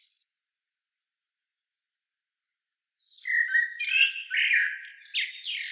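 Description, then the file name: Common blackbird: about three seconds of silence, then a single mellow warbled phrase that breaks into high, squeaky chatter. "Turdus merula"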